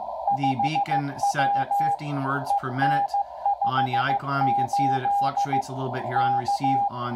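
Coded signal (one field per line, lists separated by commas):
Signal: Morse code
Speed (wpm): 15 wpm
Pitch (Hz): 810 Hz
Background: speech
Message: 5W EN58 K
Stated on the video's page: 10 m beacon ID sent by an IC-7300 at 5 watts, received and decoded on a Xiegu X5105.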